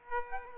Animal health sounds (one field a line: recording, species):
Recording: mosquito wingbeat signal from an infrared sensor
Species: Aedes aegypti